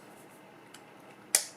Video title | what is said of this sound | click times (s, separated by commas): Davis & Sanford Provista 7518XB Unboxing | you can hear them click sounds | 0.8 s, 1.4 s